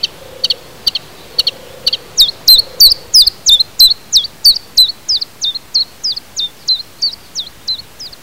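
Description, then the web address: Common chiffchaff song: high chopped notes, softer and more spaced at first, then louder and steady at about three per second, with a faint low hum early on. Recorded in spring 2010. "jaro 2010. budnicek mensi"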